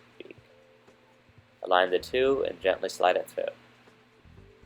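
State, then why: Not seated. A 3D printed plastic bird beak is lined up so its triangle shape matches the triangle hole on a crankshaft piston. Two small taps sound at 0.2 and 0.3 seconds, and then someone talks. Nothing has slid through or snapped into place yet.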